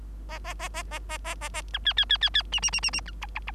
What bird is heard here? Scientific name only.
Lonchura striata domestica